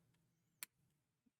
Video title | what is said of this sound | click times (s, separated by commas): DeAgostini 1:18 scale X-Wing build. Issue 92 | that snaps in place so that one's always in place | 0.6 s